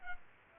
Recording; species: mosquito wingbeat signal from an infrared sensor; Culex pipiens